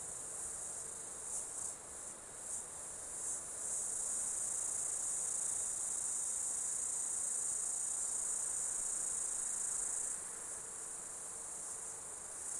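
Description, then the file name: Insect chorus as a piercing steady whine, with a few short pulsed bursts early before settling into a constant drone. Summer insect ambience in Australia. "AMBIENCE AUSTRALIAN SUMMER INSECTS 01"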